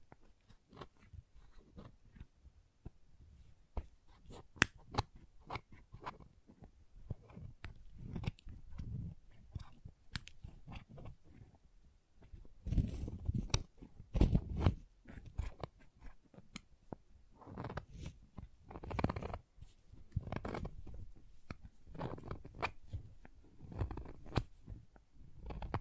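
Crayons being tapped, carved and cut, heard as a steady run of sharp clicks and snaps with scraping in between. Short crisp ticks come several times a second, and denser bursts of crunchy scraping rise around 12 to 15 seconds and again near 18 to 24.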